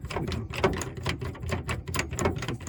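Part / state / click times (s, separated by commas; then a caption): tie-down cleat into pickup bed deck rail / seated / 0.6 s, 1.1 s, 2.0 s, 2.2 s. A metal tie-down cleat is slid along the deck rail of a 2007-2021 Toyota Tundra short, standard or long bed (deck rail kit PT278-34071, 34072, 34073). It ratchets over the rail's small locking points with repeated clicks at 0.6, 1.1, 2.0 and 2.2 seconds. The cleat locks in and is seated.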